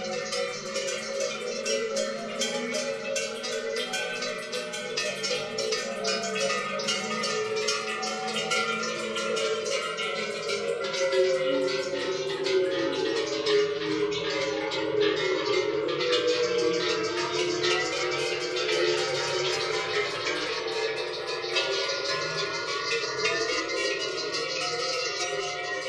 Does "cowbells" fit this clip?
yes